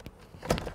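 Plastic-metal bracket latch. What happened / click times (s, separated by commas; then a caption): The panel's mount latched home with a firm thunk / 0.5 s, 0.6 s. A Dell U2417H monitor panel is pushed onto the quick-release mount on the back of its stand, where screws had been blocking it. After a faint tap near the start, it snaps home with a loud thunk at 0.5 s and a sharp click at 0.6 s. The panel is now latched onto the stand mount.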